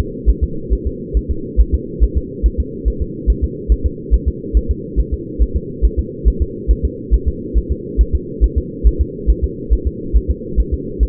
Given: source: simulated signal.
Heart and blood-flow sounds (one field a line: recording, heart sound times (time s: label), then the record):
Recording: fetal heart sounds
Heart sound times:
0.00 s: S2
0.29 s: S1
0.44 s: S2
0.73 s: S1
0.87 s: S2
1.17 s: S1
1.31 s: S2
1.60 s: S1
1.74 s: S2
2.03 s: S1
2.17 s: S2
2.46 s: S1
2.60 s: S2
2.88 s: S1
3.02 s: S2
3.30 s: S1
3.44 s: S2
3.72 s: S1
3.86 s: S2
4.14 s: S1
4.28 s: S2
4.57 s: S1
4.71 s: S2
5.00 s: S1
5.14 s: S2
5.42 s: S1
5.56 s: S2
5.85 s: S1
5.99 s: S2
6.28 s: S1
6.42 s: S2
6.71 s: S1
6.85 s: S2
7.14 s: S1
7.28 s: S2
7.57 s: S1
7.71 s: S2
8.01 s: S1
8.15 s: S2
8.44 s: S1
8.58 s: S2
8.87 s: S1
9.01 s: S2
9.30 s: S1
9.44 s: S2
9.73 s: S1
9.87 s: S2
10.16 s: S1
10.30 s: S2
10.60 s: S1
10.74 s: S2
11.03 s: S1
From the record:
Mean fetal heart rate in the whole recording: 140 bpm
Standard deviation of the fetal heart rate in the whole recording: 2 bpm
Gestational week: 34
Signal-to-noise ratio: -4.3 dB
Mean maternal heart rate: 72 bpm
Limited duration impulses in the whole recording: present